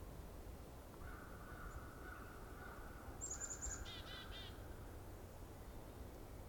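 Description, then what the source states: Chickadee calling: a quick run of high thin notes followed by a few lower, buzzy notes. A lone chickadee; heard on the first day of 2021.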